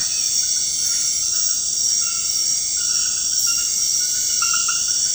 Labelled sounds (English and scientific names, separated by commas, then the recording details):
none
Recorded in dense forest near Puerto Asís, Putumayo, Colombia, on 19 February 2024 at 23:30
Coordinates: 0.472, -76.329
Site G6394